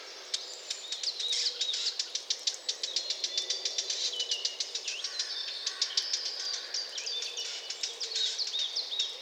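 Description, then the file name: Eurasian blackcap tacking: dense runs of hard clicks, mixed with a few brief warbled and whistled phrases, continuing steadily throughout. "Sylvia atricapilla"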